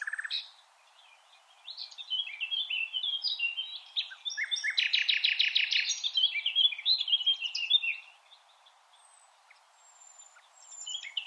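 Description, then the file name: Common nightingale singing a rich phrase of varied whistles and chirps building to a loud rapid rattling trill, with pauses before and after. "Luscinia megarhynchos"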